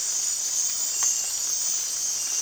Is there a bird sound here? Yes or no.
no